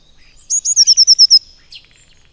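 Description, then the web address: Eurasian blue tit song: high introductory notes and then a fast, slightly descending trill of bright, ringing notes, lasting under a second, with a faint softer call after. "agykontroll Madardalok Cd 1. Kék cinege"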